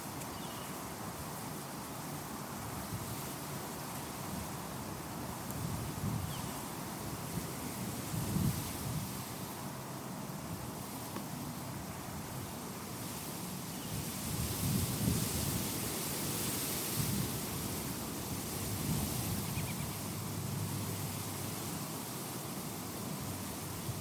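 Open grass fields outdoors, filled with a steady, dense rushing like wind, heaviest in the low rumbling range. The level stays even, swelling slightly in gusts around eight and fifteen seconds, while a faint thin high whine holds constant throughout.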